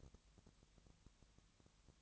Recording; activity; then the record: daily activity, microphone in the room; no activity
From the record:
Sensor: 3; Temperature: 20.6 degrees Celsius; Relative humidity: 34.7%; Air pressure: 1007.2 hPa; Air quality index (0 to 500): 137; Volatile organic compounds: 3 ppm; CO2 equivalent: 1530 ppm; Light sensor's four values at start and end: 2/3/2/2 and 2/3/2/2